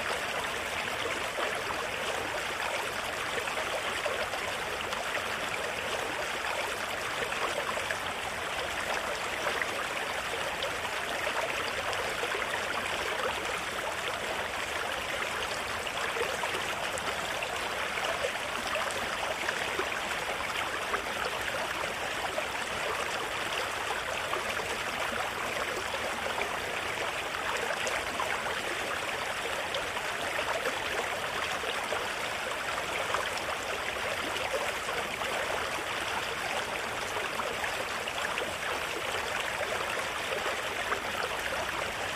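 A mountain river rushes steadily, a dense, unbroken wash of water with a bright hiss on top and little low rumble. The flow holds an even level from start to finish, constant, with no separate events standing out.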